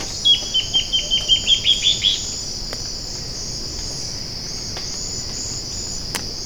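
Bird calling: a quick run of short, high chips over a steady high insect drone.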